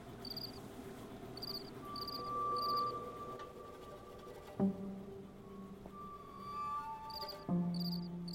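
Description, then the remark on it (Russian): A cricket sitting on a baking tray chirps in short, evenly spaced high-pitched bursts that repeat steadily throughout, fairly soft, over a low background hum with a faint tone and two brief thuds. “На противне сидит сверчок.”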